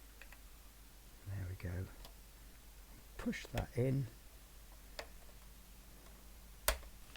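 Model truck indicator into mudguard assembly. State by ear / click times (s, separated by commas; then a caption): seated / 6.7 s. A plastic indicator (or lamp housing) is pushed into the mudguard or cab part of a 1:12 scale model truck while someone talks, with a few faint ticks along the way. A loud, sharp click at 6.7 s marks the indicator seating into place nicely.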